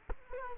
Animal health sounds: mosquito wingbeat signal from an infrared sensor; Culex quinquefasciatus

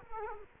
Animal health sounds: mosquito wingbeat signal from an infrared sensor; Culex quinquefasciatus

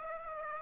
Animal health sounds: mosquito wingbeat signal from an infrared sensor; Aedes aegypti

